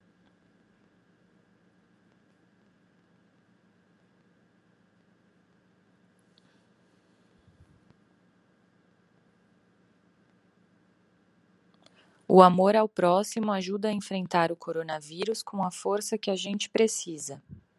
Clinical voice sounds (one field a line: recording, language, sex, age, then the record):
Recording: spoken sentence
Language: Brazilian Portuguese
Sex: female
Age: 30 to 39 years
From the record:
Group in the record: control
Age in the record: 33 years